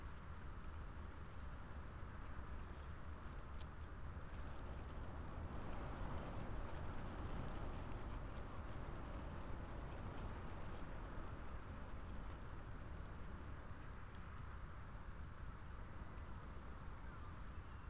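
Wind blows steadily under telegraph wires, a dense, low roaring rumble that never lets up. The gusts swell slightly around the middle, near six to eight seconds, then ease back. Faint scattered ticks and rattles sit lightly above the roar throughout.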